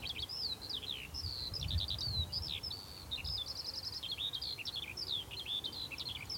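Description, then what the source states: Eurasian skylark song, a continuous rapid warble of high, twittering, buzzy trills and slurred whistles, with a low rumble beneath. Many skylarks on a hilltop in West Dorset on a chilly April morning.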